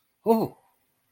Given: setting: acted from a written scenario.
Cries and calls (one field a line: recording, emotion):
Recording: vocal sound without words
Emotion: negative surprise